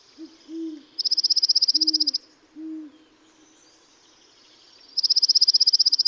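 Dark-eyed junco song: two bursts of a rapid, level, high trill, with a few soft low hoots around the first.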